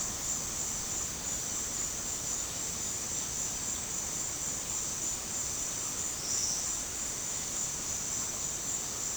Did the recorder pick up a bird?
no